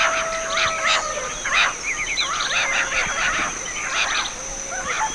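Several birds twitter and chirp at once, quick bursts of trilled notes interspersed with longer thin whistles.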